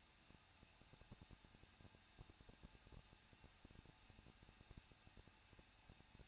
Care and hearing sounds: daily activity, microphone in the room; no activity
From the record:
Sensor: 2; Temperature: 21.0 degrees Celsius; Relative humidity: 37.4%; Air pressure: 1006.2 hPa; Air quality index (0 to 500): 222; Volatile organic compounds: 24 ppm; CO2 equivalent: 2808 ppm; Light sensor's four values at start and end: 2/3/2/2 and 2/3/2/2

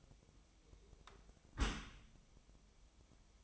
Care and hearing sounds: daily activity, microphone in the room; close dishwasher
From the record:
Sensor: 1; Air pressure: 1004.7 hPa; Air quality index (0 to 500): 111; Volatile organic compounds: 3 ppm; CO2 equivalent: 1532 ppm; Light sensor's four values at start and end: 9/22/8/9 and 9/22/8/9

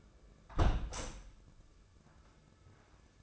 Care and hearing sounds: daily activity, microphone in the room; close window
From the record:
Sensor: 2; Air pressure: 995.6 hPa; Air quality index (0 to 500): 83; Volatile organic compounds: 3 ppm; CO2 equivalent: 1492 ppm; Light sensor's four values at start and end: 24/76/30/29 and 24/76/30/29

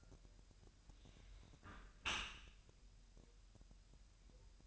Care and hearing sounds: daily activity, microphone in the room; close dishwasher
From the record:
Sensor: 2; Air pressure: 1000.3 hPa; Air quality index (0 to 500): 245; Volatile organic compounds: 89 ppm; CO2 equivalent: 3677 ppm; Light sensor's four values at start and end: 9/21/8/8 and 9/21/8/8

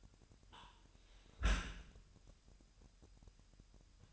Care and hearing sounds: daily activity, microphone in the room; close dishwasher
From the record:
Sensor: 2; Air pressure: 998.2 hPa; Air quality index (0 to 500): 148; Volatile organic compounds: 4 ppm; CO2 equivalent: 1673 ppm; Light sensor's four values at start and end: 10/30/12/11 and 10/30/12/11

